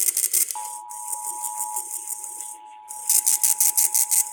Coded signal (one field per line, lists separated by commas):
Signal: Emergency Alert System (SAME) tones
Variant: 853 and 960 Hz attention tone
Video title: Y'ALL KNOW THE DRILL AT THIS POINT. Broadcast Radio/TV EAS: Required Monthly Test (EAS #680-685)